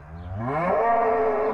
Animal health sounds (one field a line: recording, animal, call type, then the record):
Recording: contact call of a hoofed animal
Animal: cattle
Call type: low-frequency (closed-mouth) or high-frequency (open-mouth) call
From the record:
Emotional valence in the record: negative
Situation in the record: full separation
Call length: 1.54 s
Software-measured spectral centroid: 950 Hz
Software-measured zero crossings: 1190 a second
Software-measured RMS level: -23 dBFS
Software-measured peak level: -11 dBFS